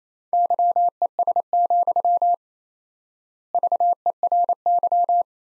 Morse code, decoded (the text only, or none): YES, VERY